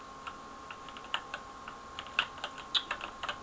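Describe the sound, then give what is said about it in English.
Rapid, irregular clicking of computer keys, a string of short sharp taps at uneven intervals with a few louder strikes, fairly quiet overall against a faint steady hum and no voices. “But, yeah, hopefully my clicking isn't too loud. In fact, I'm going to move the recording thing a little bit away from the keyboard there.”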